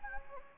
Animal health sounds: mosquito wingbeat signal from an infrared sensor; Anopheles gambiae

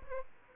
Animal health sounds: mosquito wingbeat signal from an infrared sensor; Aedes albopictus

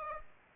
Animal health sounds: mosquito wingbeat signal from an infrared sensor; Aedes aegypti

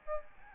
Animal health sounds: mosquito wingbeat signal from an infrared sensor; Aedes albopictus

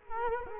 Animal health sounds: mosquito wingbeat signal from an infrared sensor; Culex quinquefasciatus

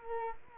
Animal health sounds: mosquito wingbeat signal from an infrared sensor; Culex quinquefasciatus

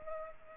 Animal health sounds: mosquito wingbeat signal from an infrared sensor; Culex pipiens

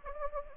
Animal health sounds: mosquito wingbeat signal from an infrared sensor; Anopheles gambiae

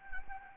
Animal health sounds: mosquito wingbeat signal from an infrared sensor; Anopheles gambiae

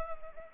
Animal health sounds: mosquito wingbeat signal from an infrared sensor; Anopheles arabiensis

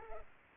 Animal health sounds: mosquito wingbeat signal from an infrared sensor; Culex pipiens

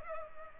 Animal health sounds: mosquito wingbeat signal from an infrared sensor; Culex pipiens

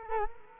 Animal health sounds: mosquito wingbeat signal from an infrared sensor; Culex quinquefasciatus

